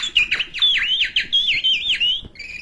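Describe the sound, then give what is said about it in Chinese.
An elderly vocal mimicry performer, holding a birdcage in a small courtyard off a hutong in Beijing, whistles a bright, high songbird call, a quick run of warbling chirps and trills that rise and dip for about two seconds, sounding almost exactly like his real caged bird. “真的，这分不出来是他叫，还是您学出来的。”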